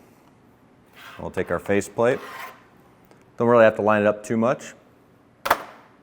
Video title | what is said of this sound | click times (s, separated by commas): Mobibooth Cruise™ Handheld Roamer Introduction | and it'll snap right into place now this is nice and sturdy | 5.5 s